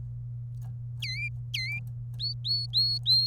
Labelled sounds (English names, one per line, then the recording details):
Domestic Canary song
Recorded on 27 April 2018 at 13:03
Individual llb3